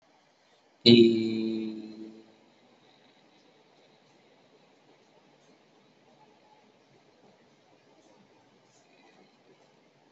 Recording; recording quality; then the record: sustained vowel as in beet; excellent, no background noise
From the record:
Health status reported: COVID-19 positive, moderate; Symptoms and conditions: cough, cold, breathing difficulty, sore throat, fever, loss of smell and taste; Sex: male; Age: 23 years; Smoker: not ticked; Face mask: not worn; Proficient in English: yes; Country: India